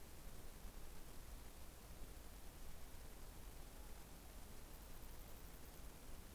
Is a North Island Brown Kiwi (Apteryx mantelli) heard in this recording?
no